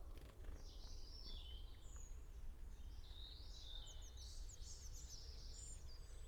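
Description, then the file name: European robin song with soft, high warbled and trilled phrases, some quick descending notes, set against constant low background noise. "Erithacus rubecula"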